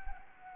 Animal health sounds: mosquito wingbeat signal from an infrared sensor; Anopheles gambiae

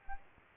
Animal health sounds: mosquito wingbeat signal from an infrared sensor; Aedes aegypti

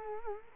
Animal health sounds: mosquito wingbeat signal from an infrared sensor; Culex quinquefasciatus

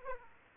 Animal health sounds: mosquito wingbeat signal from an infrared sensor; Aedes aegypti

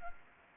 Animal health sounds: mosquito wingbeat signal from an infrared sensor; Anopheles arabiensis

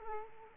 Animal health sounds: mosquito wingbeat signal from an infrared sensor; Culex quinquefasciatus

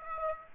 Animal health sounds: mosquito wingbeat signal from an infrared sensor; Aedes aegypti

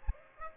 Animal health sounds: mosquito wingbeat signal from an infrared sensor; Aedes aegypti

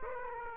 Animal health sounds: mosquito wingbeat signal from an infrared sensor; Aedes aegypti

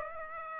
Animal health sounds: mosquito wingbeat signal from an infrared sensor; Aedes aegypti

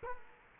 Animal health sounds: mosquito wingbeat signal from an infrared sensor; Culex quinquefasciatus

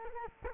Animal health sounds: mosquito wingbeat signal from an infrared sensor; Culex quinquefasciatus

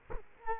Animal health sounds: mosquito wingbeat signal from an infrared sensor; Culex quinquefasciatus

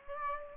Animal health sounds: mosquito wingbeat signal from an infrared sensor; Aedes aegypti

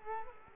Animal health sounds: mosquito wingbeat signal from an infrared sensor; Culex quinquefasciatus

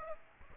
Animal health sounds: mosquito wingbeat signal from an infrared sensor; Aedes aegypti

